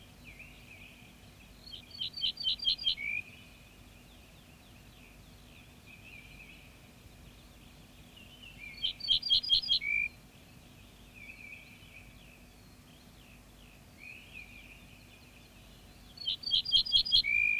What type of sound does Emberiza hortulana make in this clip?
song